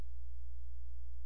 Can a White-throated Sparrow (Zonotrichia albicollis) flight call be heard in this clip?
no